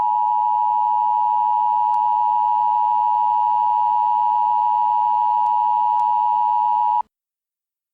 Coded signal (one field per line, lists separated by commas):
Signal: Emergency Alert System (SAME) tones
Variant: 853 and 960 Hz attention tone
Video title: EAS: Tornado Warning | October 20, 2019 | Benton County, AR